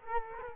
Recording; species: mosquito wingbeat signal from an infrared sensor; Culex quinquefasciatus